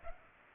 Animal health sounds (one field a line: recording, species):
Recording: mosquito wingbeat signal from an infrared sensor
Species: Culex pipiens